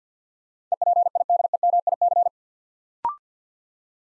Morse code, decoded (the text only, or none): EPIDEMIC